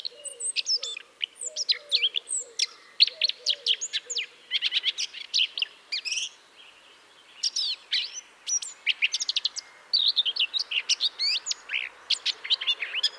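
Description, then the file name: Eurasian blackcap song: dense run of rapid chirps and scratchy warbled notes with brief pauses, with soft low repeated notes underneath in the first part. "Sylvia atricapilla"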